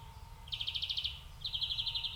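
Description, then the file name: European greenfinch trills, two rapid series of dry chattering notes in quick succession. "Chloris chloris"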